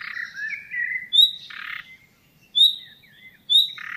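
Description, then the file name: Common nightingale calling with bright upslurred whistles and coarse, buzzy rattling notes, plus a brief wavering warble. "Luscinia megarhynchos"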